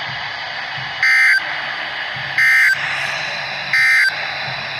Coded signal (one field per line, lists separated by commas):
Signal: Emergency Alert System (SAME) tones